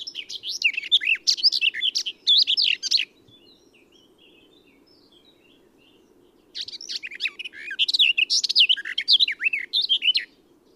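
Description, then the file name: Eurasian blackcap singing two bright, jumbled warbling phrases, separated by a pause with faint quiet notes, over a constant low background hum. "Sylvia atricapilla"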